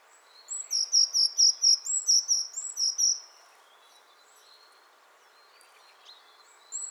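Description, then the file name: Eurasian blue tit singing a long run of about ten high chirping notes mixed with thin whistles, over steady background noise. Faint other sounds afterward. "Cyanistes caeruleus"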